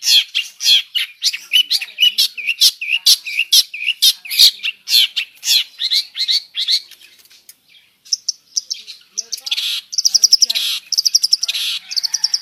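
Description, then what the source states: Long-tailed shrike song: rapid scratchy chatter with slurred whistles, a short lull, then high repeated thin notes in quick succession. Full song with imitations, called gacor in the local style.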